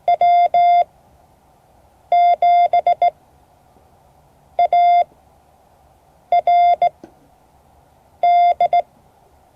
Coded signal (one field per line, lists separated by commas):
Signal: Morse code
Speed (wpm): 17 wpm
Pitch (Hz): 700 Hz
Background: none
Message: W7ARD